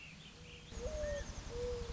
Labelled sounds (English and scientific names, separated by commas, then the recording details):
Mourning Dove (Zenaida macroura)
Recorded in Sonoma County, California